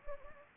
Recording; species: mosquito wingbeat signal from an infrared sensor; Anopheles gambiae